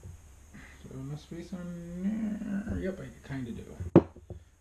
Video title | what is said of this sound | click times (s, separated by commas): How to rebuild a turbo | you heard it pop but see that means is not all the way down so | 4.3 s